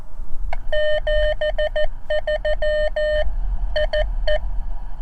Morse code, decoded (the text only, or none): 73 IE